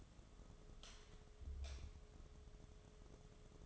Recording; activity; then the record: daily activity, microphone in the room; light on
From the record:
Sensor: 4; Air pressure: 1011.1 hPa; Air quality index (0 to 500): 144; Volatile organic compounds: 3 ppm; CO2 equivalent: 1478 ppm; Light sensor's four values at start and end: 158/411/174/181 and 158/413/175/181